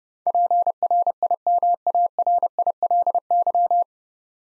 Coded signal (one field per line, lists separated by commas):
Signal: Morse code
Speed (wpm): 30 wpm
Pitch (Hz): 700 Hz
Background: none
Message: PRIMARILY